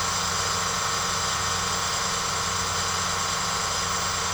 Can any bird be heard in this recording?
no